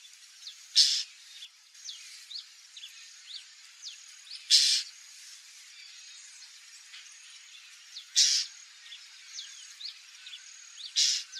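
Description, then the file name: White-banded mockingbird singing varied quick whistles and slurred phrases, with strong rasping bursts recurring every few seconds. "Canto do calhandra de tres rabos"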